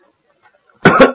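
Two quick harsh coughs after a short silence, an adult's acted smoker's cough that sounds really bad.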